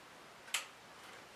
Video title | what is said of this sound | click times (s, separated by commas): How To Change/Replace a Power Supply Tutorial | there we go you heard the click but you should have if | 0.5 s